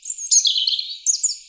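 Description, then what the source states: Bird singing a brief run of high, quick chirping and twittering notes in two bursts, with no other sounds. Recorded at Oxford Island on Lough Neagh.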